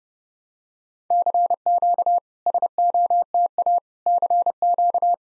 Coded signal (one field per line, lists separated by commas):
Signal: Morse code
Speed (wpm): 30 wpm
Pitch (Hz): 700 Hz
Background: none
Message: CQ SOTA CQ